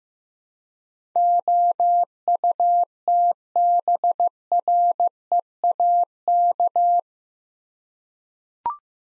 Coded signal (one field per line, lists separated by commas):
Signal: Morse code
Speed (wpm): 15 wpm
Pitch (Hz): 700 Hz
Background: none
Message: OUTBREAK